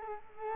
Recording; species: mosquito wingbeat signal from an infrared sensor; Culex quinquefasciatus